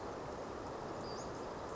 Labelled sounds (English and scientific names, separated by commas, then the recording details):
Western Flycatcher (Empidonax difficilis)
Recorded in Sonoma County, California